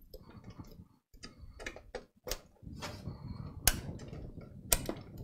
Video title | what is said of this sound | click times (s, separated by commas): You won't believe what is causing this computer to crash! | I heard it click that time. | 3.7 s, 4.7 s